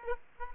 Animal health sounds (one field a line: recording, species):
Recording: mosquito wingbeat signal from an infrared sensor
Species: Aedes aegypti